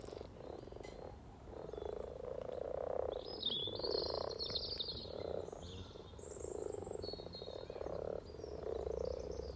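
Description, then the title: Steady chorus of frogs giving grating, purring croaks in rounded bursts, with a bird's whistled phrases and a low background hum. Chorus of about 20 frogs in sunny garden pond, some floating, some on fresh spawn, welcoming arriving females; Freshfield, Formby, Merseyside, UK; sunny St Patrick's day lunchtime, 17 March 2023, spring. "Frog Chorus Spring sounds first Lunch outside St Patrick’s day 17 March 2023 . Freshfield, Formby"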